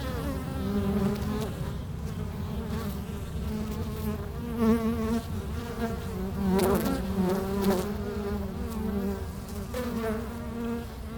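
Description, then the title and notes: Bees giving a steady, busy hum with layered overtones, many overlapping flight buzzes sweeping past, the drone holding even throughout. Bees recorded with microphones placed at the hive entrance in the bee pavilion of Meise Botanical Garden, Belgium. "Plantentuin, Meise, Belgique - Abeilles - Bees. Meise, Jardin botanique. Pavillon des abeilles, micros placés à l'entrée de la ruche"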